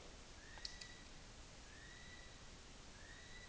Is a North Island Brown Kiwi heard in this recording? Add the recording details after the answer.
yes. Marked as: faintness 3/5. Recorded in New Zealand on 16 June 2014. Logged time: 02:19